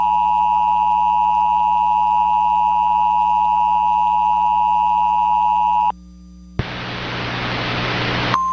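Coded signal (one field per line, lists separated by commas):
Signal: Emergency Alert System (SAME) tones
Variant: 853 and 960 Hz attention tone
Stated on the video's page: Mock, fictional tornado warning EAS alert.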